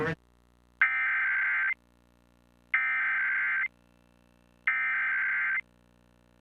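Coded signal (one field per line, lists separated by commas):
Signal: Emergency Alert System (SAME) tones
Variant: header bursts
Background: speech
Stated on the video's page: SAME tones from an EAS that a MeTV affiliate aired erroneously for an entire hour during severe weather.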